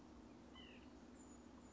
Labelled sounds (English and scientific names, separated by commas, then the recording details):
White-breasted Nuthatch (Sitta carolinensis)
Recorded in Sonoma County, California